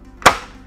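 A rock lock on the leg of a fiberglass safety cage ladder made by Little Giant Ladders drops into the next rung hole as the ladder section is lowered slowly. A single sharp, bright snap at 0.3 s rises sharply above a quiet background and then decays quickly, and the lock seats in the rung hole.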